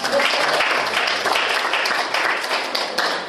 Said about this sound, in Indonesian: Tepuk tangan. Ya. Tepuk tangan bersuara.